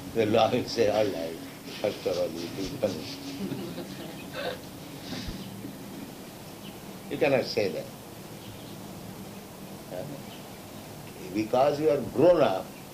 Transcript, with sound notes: the law will say, "All right, first of all you'll be punished." [laughter] You cannot say that. Because you are grown up,